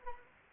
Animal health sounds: mosquito wingbeat signal from an infrared sensor; Anopheles arabiensis

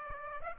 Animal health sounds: mosquito wingbeat signal from an infrared sensor; Aedes aegypti

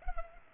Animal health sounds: mosquito wingbeat signal from an infrared sensor; Culex pipiens

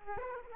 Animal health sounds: mosquito wingbeat signal from an infrared sensor; Aedes aegypti

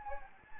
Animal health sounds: mosquito wingbeat signal from an infrared sensor; Anopheles gambiae

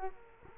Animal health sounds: mosquito wingbeat signal from an infrared sensor; Culex quinquefasciatus

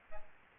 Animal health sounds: mosquito wingbeat signal from an infrared sensor; Aedes albopictus

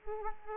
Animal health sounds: mosquito wingbeat signal from an infrared sensor; Aedes aegypti

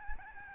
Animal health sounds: mosquito wingbeat signal from an infrared sensor; Aedes albopictus

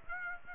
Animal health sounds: mosquito wingbeat signal from an infrared sensor; Aedes aegypti

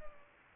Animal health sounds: mosquito wingbeat signal from an infrared sensor; Culex pipiens

